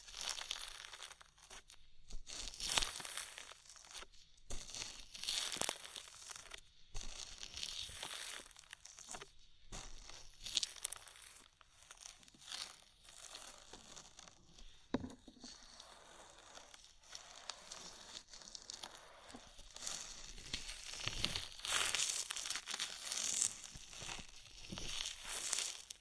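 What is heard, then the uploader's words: An ear massage with oil and foam: dense crackling, crinkling and squishing sounds fill the clip, bright and hissy, pulsing in uneven bursts with brief silent gaps every second or two. The rubbing grows busier and more continuous toward the end. ASMR Oil, Foam and Tingly Ear Massage.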